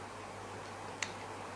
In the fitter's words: joining both sides, press the key firmly You'll hear a click sound